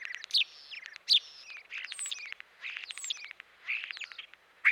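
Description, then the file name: European starling singing a varied jumble of slurred whistles, harsh chatters and clicking notes in quick, irregular bursts. "dan gibsons solitudes european starling"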